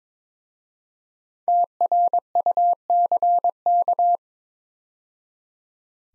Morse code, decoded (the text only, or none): TRUCK